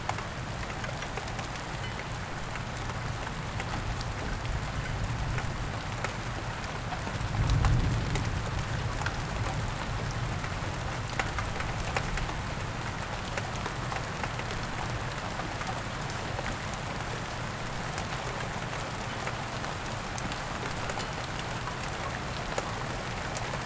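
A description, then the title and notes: Steady, dense rain patters on a surface throughout, an even hiss with countless fine drops and no letup. Around the eight-second mark a brief low rumble swells and fades, possibly distant thunder, before the rain continues unchanged. In this episode, you will hear rain and thunder sounds.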